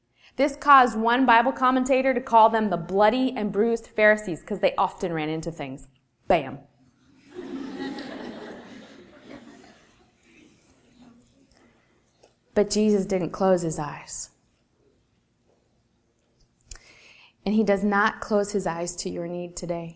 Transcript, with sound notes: This caused one Bible commentator to call them the bloody and bruised Pharisees, because they often ran into things-bam! [laughter] But Jesus didn't close His eyes. And He does not close His eyes to your need today.